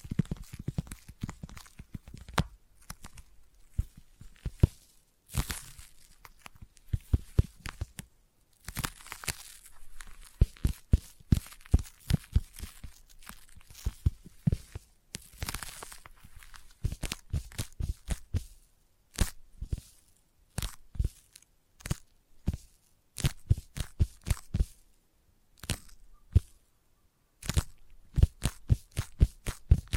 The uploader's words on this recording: ASMR Intense Sticky Tapping and Sticky Triggers (No Talking).